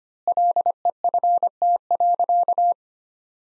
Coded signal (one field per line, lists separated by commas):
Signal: Morse code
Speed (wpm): 25 wpm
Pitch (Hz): 700 Hz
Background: none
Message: LEFT.